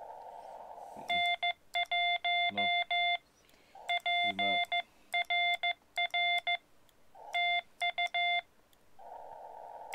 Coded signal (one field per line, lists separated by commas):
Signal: Morse code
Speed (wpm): 15 wpm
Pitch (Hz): 2100 Hz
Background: none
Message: N1PRR TU